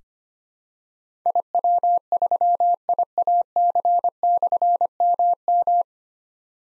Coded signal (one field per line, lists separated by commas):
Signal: Morse code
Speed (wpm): 25 wpm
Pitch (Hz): 700 Hz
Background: none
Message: IW3IAC/MM